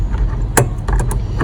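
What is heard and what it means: On a 2016 Chevy Malibu, the headlight bulb socket is twisted counter-clockwise in the plastic headlight housing. A sharp click at 0.6 s, the loudest sound, marks the socket coming free, followed by fainter ticks at about 0.9, 1.1 and 1.4 s over a low background rumble. The socket is released from the housing.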